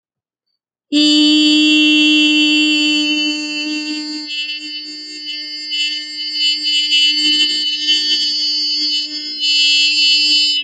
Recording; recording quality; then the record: sustained vowel as in beet; excellent, no background noise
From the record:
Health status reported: healthy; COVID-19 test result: negative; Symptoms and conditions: none ticked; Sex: female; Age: 46 years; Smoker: not ticked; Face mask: not worn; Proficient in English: yes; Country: United States